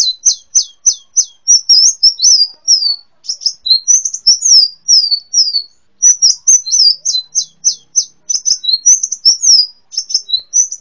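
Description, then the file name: Brown-throated sunbird song: steady run of high clipped chirps mixed with slurred twitters, delivered almost without pause. "kolibri muncang. omkicau"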